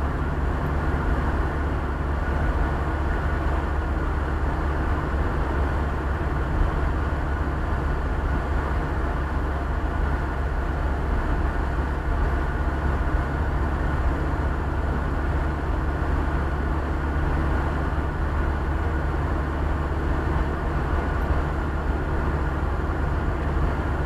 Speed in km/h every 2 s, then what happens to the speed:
70, 70, 68, 69, 68, 66, 67, 68, 69, 71, 71, 69.
0-24 steady at about 69.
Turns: none.